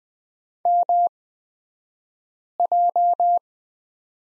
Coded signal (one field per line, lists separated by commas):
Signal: Morse code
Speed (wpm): 20 wpm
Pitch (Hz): 700 Hz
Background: none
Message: MJ